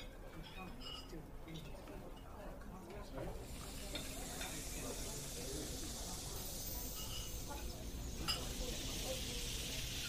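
Fantasy fairy cafe ambience with faint murmuring voices and clinking, joined after three seconds by a steady bright sizzling hiss.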